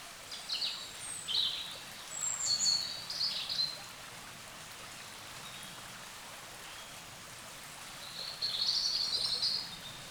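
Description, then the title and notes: Birds singing: short high twittering phrases near the start, a pause of several seconds, then a brighter warbling burst toward the end, over steady background hiss. Wild birds in forest along a small branch of the Dordogne at the exit of Carennac, France; recorded with a Zoom H5 and XYH-5 microphone. "Carennac - Oiseaux de la Dordogne. Oiseaux Loire forêt Carennac. A la sortie de Carennac, le long d'un petit bras de la Dordogne, les oiseaux dans la forêt"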